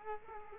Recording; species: mosquito wingbeat signal from an infrared sensor; Culex quinquefasciatus